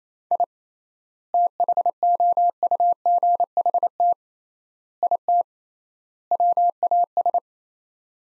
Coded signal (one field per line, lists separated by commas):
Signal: Morse code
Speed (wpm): 28 wpm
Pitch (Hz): 700 Hz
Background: none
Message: I THOUGHT IT WAS